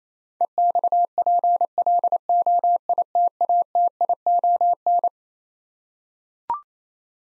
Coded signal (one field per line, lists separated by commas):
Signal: Morse code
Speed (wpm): 28 wpm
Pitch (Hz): 700 Hz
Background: none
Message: EXPLOITATION